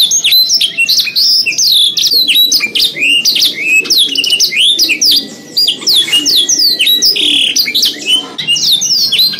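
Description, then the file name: Canary singing continuously, a fast tumbling series of high slurred whistles and chirps, steady and loud throughout with only a couple of brief dips. Canary song of the isian type. "suara kenari isian v 2 omkicau"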